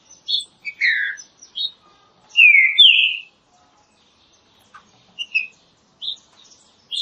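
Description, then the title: Green-winged saltator song: two loud slurred whistles midway among shorter chirped notes and high twittering. Classic song style, used for training. "Canto Clássico Trinca Ferro TREINAMENTO"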